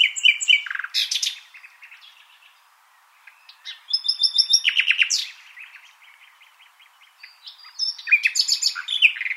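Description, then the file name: Common nightingale singing: loud varied phrases of rich whistles and fast pulsed trills separated by short pauses, with quieter chattering notes between bursts. "Luscinia megarhynchos"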